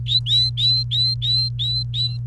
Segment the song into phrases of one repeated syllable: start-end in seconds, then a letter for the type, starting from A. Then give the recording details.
0.06-2.17 A. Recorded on 29 April 2018 at 15:32. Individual llb3